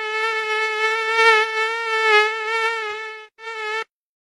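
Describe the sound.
Mosquito whine, a continuous thin buzz rich in overtones, briefly dropping out near the end, returning for a moment, then stopping abruptly.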